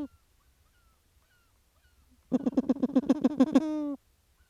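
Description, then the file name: Grey petrel call: a rapid series of harsh, low nasal pulses lasting over a second, ending in a drawn-out groaning note, after faint thin sounds. "Philippe Lambret - P trel gris"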